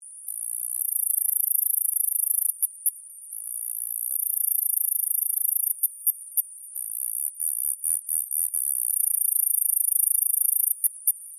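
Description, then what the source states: Cicada song: a continuous shrill, very high buzzing broken by several short gaps. New Zealand.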